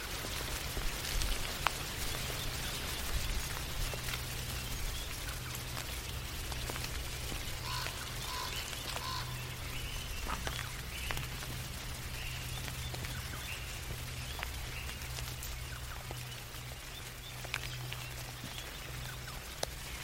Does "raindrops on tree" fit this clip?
yes